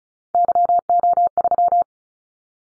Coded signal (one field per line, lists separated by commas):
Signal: Morse code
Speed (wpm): 34 wpm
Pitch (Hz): 700 Hz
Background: none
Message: YO3